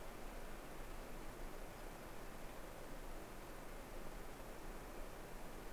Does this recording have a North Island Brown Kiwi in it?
no